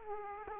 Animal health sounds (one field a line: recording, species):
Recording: mosquito wingbeat signal from an infrared sensor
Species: Aedes aegypti